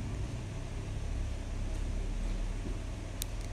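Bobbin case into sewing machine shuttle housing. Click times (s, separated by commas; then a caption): 3.2 s. A bobbin case, its long metal finger facing the upper slot, is pushed into the metal shuttle housing of a Butterfly JH8190A sewing machine over a steady low hum. It clicks at 3.2 s, with a softer tick just after, showing it is seated correctly.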